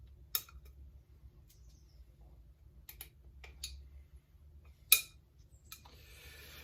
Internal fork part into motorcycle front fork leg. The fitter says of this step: there we go that's all clicked into place that's all good